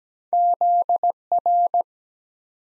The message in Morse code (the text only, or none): ZR